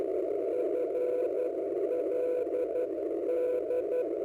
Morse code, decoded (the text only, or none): FLD